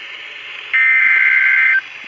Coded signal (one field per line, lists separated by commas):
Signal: Emergency Alert System (SAME) tones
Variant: header bursts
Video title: MONTGOMERY COUNTY... EAS Alerts From 5/8/24 5/9/24 (EAS#1,034 - #1,058)